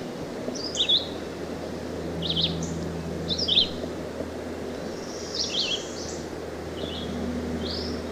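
Red-eyed vireo singing short high phrases at irregular intervals against a soft background rumble.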